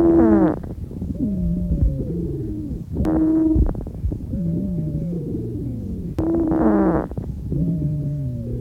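High-pitched musical wheezes heard over an adult chest with a stethoscope, recurring with each breath at about 19 breaths per minute.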